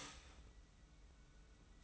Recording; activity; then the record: daily activity, microphone in the room; start toaster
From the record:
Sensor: 1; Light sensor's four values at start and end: 24/58/24/26 and 24/58/24/26